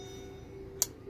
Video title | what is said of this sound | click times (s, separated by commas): Knife repair 101 How to make your pocket knife blade snap closed like it did when it was new | the blade to have its walk-and-talk which is a smooth action and then you hear the snap okay | 0.8 s